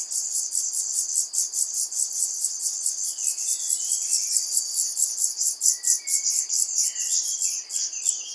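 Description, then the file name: Black redstart young begging with a dense, continuous stream of very high, sibilant pulsed calls, mixed with scattered lower chirping notes. Young black redstarts in the nest, calling as they greet an adult arriving to feed them. "jeunes rougequeues noirs au nid accueillant un adulte venant les nourrir"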